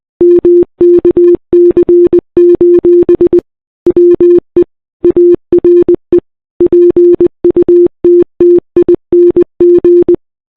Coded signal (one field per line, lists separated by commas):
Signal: Morse code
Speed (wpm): 30 wpm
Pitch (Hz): 350 Hz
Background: none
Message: MKC: WE ARE PUTTING